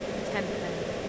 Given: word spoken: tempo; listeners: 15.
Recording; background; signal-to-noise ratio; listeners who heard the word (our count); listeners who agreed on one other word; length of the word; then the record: one English word in noise, from a listening test; speech-shaped noise; -4.4 dB; 1 of 15; 6 of 15; 0.69 s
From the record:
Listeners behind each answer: 6, 2, 2, 1, 1, 1, 1, 1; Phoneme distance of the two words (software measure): 10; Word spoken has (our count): 2 syllables, 5 phonemes, stress on syllable 1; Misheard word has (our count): 2 syllables, 5 phonemes, stress on syllable 1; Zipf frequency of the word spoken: 3.59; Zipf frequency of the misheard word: 3.79